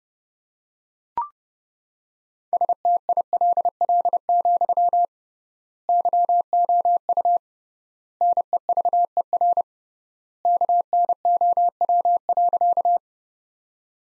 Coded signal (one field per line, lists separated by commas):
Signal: Morse code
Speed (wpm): 32 wpm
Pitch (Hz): 700 Hz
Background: none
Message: STILL, YOU NEVER KNOW.